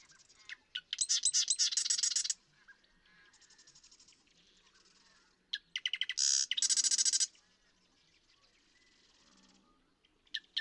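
Marsh Wren song: a few sharp introductory ticks, then a dry, rapid buzzy rattle about a second long, given twice, with soft chattering between.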